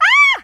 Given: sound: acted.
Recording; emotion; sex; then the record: nonverbal affect burst; fear; female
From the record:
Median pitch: 1067 Hz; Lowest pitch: 625 Hz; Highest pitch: 1158 Hz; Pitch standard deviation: 168 Hz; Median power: 82.6 dB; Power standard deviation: 11.4 dB